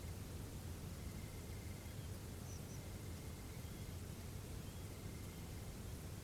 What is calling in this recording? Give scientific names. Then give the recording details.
Anthus trivialis. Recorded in France